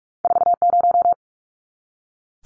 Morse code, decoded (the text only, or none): 40